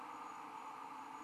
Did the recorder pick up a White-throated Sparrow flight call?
no